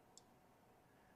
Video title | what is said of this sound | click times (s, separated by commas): Wiring 301 - Deutsch Solid Contact Connectors and How To Assemble | So, it's locked in. | 0.2 s